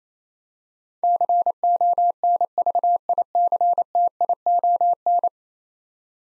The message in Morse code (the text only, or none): CONVICTION